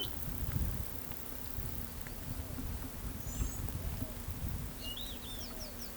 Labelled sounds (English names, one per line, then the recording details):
Palm Tanager
Great Kiskadee
Carib Grackle
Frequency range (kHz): Palm Tanager 5.6-8.5 kHz; Great Kiskadee 2.6-11.3 kHz; Carib Grackle 4.1-6.7 kHz
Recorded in pastures near Pivijay, Magdalena, Colombia, on 1 June 2023 at 16:00
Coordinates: 10.456, -74.369
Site P6-G026